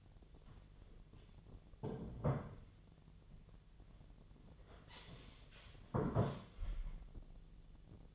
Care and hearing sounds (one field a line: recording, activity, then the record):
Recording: daily activity, microphone in the room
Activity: sit down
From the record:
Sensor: 4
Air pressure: 1008.7 hPa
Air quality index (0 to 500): 171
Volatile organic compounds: 5 ppm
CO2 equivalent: 1719 ppm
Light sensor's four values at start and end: 23/72/27/26 and 23/72/27/26